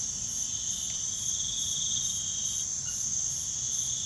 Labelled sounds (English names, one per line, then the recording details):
none
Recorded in pastures near Puerto Asís, Putumayo, Colombia, on 4 March 2025 at 05:00
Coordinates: 0.487, -76.322
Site G077